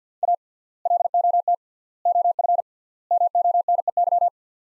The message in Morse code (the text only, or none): A LOT OF MONEY